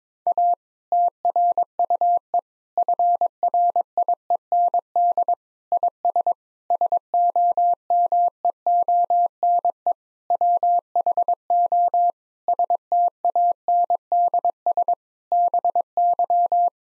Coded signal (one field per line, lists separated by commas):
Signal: Morse code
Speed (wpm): 22 wpm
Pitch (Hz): 700 Hz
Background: none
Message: A TRUE FRIEND IS SOMEONE WHO STANDS BY